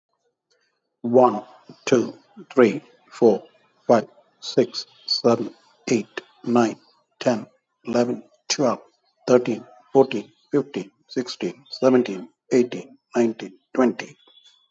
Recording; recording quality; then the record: counting at a normal pace; excellent, no background noise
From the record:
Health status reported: healthy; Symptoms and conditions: none ticked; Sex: male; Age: 71 years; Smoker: not ticked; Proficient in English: yes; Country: India